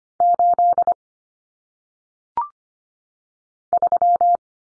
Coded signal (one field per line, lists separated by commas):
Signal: Morse code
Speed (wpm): 25 wpm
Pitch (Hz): 700 Hz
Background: none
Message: 8 3